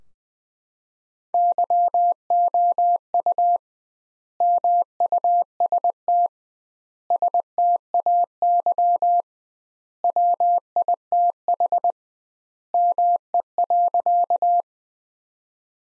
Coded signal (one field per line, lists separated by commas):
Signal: Morse code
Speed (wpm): 21 wpm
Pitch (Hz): 700 Hz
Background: none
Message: YOU MUST STAY WITH ME.